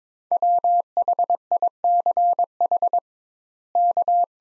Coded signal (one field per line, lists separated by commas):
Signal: Morse code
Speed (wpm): 22 wpm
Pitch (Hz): 700 Hz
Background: none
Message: WHICH K